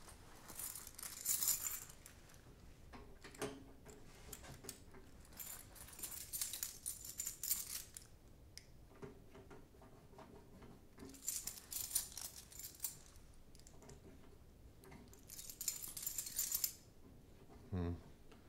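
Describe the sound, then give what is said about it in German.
Keys are tried in the lock of a safe, jangling and scraping in four separate bursts of bright metallic clinking, each lasting a second or two, with soft clicks and rattles in the quieter gaps between attempts; none of the keys fits. “Passt keiner. Ob der Stewart-Schlüssel der richtige ist?”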